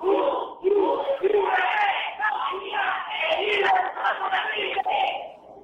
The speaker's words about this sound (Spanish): Están todos mis alumnos de la Universidad Bolivariana. Entonces, ajá, vamos a hacer un grito de guerra desde aquí de San Cristóbal. A la cuenta de tres.